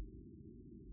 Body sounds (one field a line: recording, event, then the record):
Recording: neck accelerometer signal played as sound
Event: no cough (speech, laughter, throat clearing or background)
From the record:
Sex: female